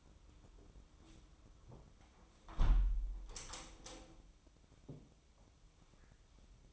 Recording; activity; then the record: daily activity, microphone in the room; close window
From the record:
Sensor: 1